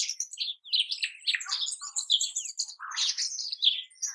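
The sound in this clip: Rosy starling song, a busy jumble of chattering notes, squeaky whistles and short slurred phrases, high-pitched and continuous for about four seconds.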